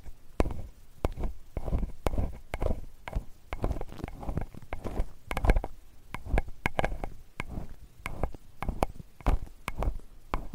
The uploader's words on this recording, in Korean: ASMR 편안한 쇠 귀이개 귀청소 시간.